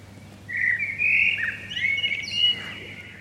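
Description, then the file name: Common blackbird singing a fluty, warbling phrase of low whistled notes that rise and fall, ending in higher squeaky notes, over a faint low hum. "Turdus merula"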